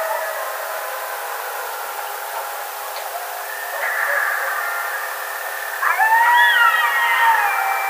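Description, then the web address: Coyote howling, steady wavering tones for several seconds, then a burst of sliding, quavering yips and howls layered over each other near the end. Recorded 2 May 2007. "Coyote 2007 05 02 howl"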